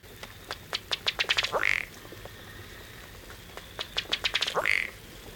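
Masked Duck calling twice, each bout a rapid run of dry ticking notes that speed up and finish with a brief sharp squealing note, about three seconds apart.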